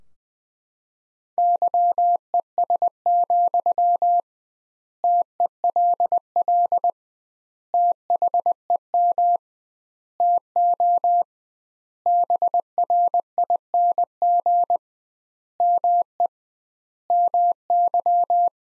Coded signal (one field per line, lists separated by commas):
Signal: Morse code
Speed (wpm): 19 wpm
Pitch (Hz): 700 Hz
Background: none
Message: YES, TELL THEM TO BRING ME MY